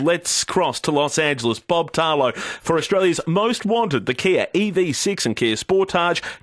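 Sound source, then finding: Adult male radio host. Typical speech.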